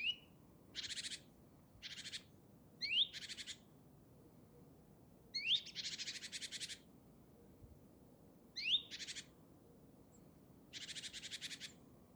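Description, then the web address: Great tit calls: short rising notes leading into dry buzzy churrs, repeated irregularly with quiet gaps. "SETE Parus major"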